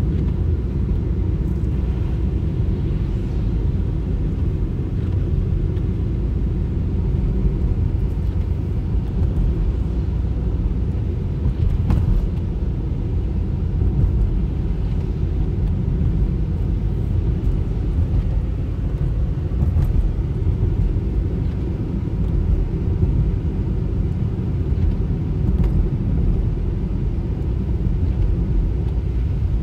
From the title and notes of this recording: Highway Driving: White Noise Ambience. The gentle hum of the car engine and the soft white noise of the tires rolling on the pavement provide a soothing background sound.